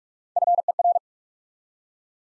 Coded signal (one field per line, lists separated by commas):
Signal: Morse code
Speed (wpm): 48 wpm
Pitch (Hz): 700 Hz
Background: none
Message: FER